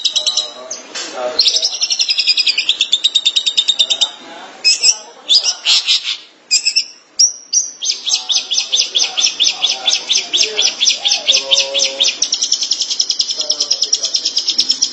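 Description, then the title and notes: Long-tailed Shrike song: a long, varied medley of rapid buzzy trills, scratchy notes and short whistles, ending in an extended, even trill. Recorded March 2017. "Suara burung pentet"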